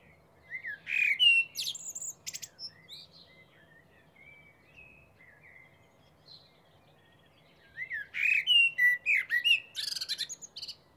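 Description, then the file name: Common blackbird singing two separate phrases, each of rich fluty notes ending in high squeaky chatter, with a quiet pause between them. "Turdus merula"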